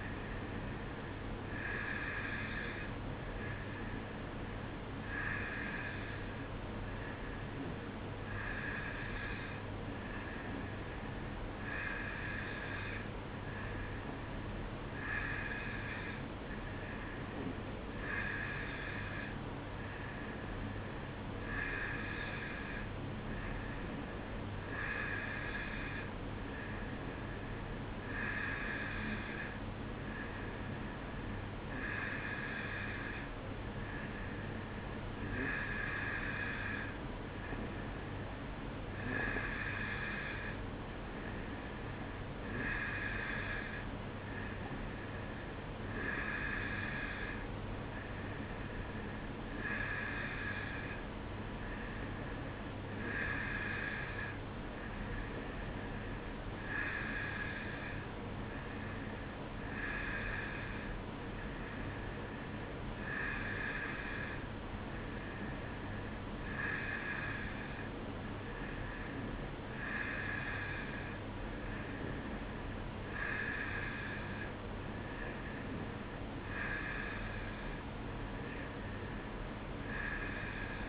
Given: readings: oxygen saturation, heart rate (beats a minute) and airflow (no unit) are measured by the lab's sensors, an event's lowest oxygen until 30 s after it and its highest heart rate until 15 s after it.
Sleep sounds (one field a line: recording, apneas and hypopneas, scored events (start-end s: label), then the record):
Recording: breathing in sleep by a voice recorder at the bedside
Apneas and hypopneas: none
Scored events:
none scored
From the record:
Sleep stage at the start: N2 (light sleep)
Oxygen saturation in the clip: 91 to 92%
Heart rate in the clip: 55 to 58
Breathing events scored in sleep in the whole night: 305 in 9.6 hours asleep